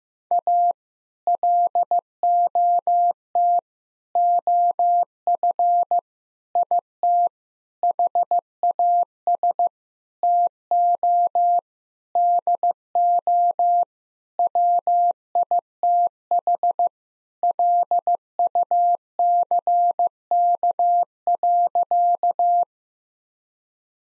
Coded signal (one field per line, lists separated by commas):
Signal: Morse code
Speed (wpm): 15 wpm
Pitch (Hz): 700 Hz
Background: none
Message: A LOT OF IT HAS TO DO WITH LUCK.